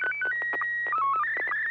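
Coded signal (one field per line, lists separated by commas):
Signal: SSTV (slow-scan television)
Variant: Scottie 1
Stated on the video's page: SSTV images exchanged in a weekly amateur net on an FM repeater at 441.300 MHz, sent with MMSSTV software.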